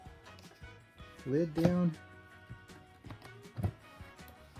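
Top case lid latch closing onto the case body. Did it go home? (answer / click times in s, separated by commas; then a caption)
no / none. A hand pushes down the lid of a plastic Givi 33L motorcycle top case, fitted on a Honda SH150i, toward its latch while someone talks over background music. A few soft taps are heard, and nothing has seated or clicked yet.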